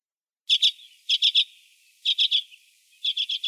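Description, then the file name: Arctic redpoll calls: short, dry chattering notes in quick bursts of two to four, each burst repeated roughly every second, with a quiet background. Recorded in Russia. "Pticy Rossii - Pepelnaya chechyotka Acanthis hornemanni"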